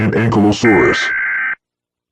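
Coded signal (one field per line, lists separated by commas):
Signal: Emergency Alert System (SAME) tones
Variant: header bursts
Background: speech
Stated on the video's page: Fictional EAS scenario depicting a national lockdown, not a real alert.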